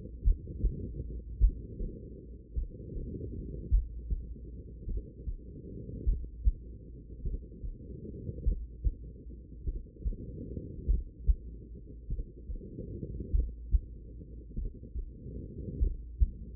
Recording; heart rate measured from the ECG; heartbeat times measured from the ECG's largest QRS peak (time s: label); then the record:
heart sounds by stethoscope; 50 bpm
0.22 s: heartbeat
1.38 s: heartbeat
2.53 s: heartbeat
3.69 s: heartbeat
4.85 s: heartbeat
6.03 s: heartbeat
7.22 s: heartbeat
8.43 s: heartbeat
9.64 s: heartbeat
10.85 s: heartbeat
12.07 s: heartbeat
13.30 s: heartbeat
14.53 s: heartbeat
15.78 s: heartbeat
From the record:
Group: heart failure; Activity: rest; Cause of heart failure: idiopathic cardiomyopathy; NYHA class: 2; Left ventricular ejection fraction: 53%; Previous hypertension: present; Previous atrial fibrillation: present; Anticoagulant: apixaban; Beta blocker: bisoprolol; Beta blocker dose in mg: 2.5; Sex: female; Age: 67 years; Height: 150 cm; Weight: 81 kg